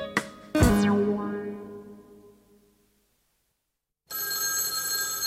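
A telephone bell rings: two sharp metallic strikes whose bright tone fades out over a couple of seconds, then after a short silence a loud, steady, buzzing ring starts and continues.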